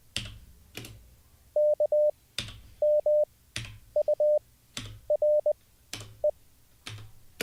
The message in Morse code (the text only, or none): K M U R E